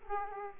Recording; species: mosquito wingbeat signal from an infrared sensor; Aedes aegypti